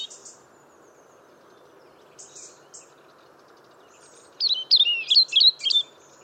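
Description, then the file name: European robin song: faint thin high notes, then a short burst of quick, bright twisting notes near the end, over a low steady hum. "Erithacus rubecula"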